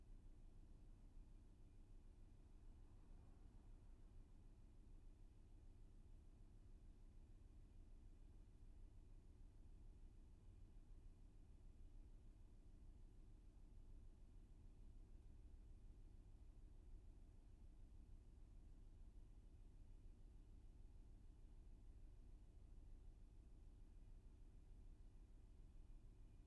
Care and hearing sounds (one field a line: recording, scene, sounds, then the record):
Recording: everyday scene through a hearing-aid microphone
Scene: in a vehicle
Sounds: engine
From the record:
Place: VW T5 Caravelle, diesel engine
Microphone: behind the ear, left, rear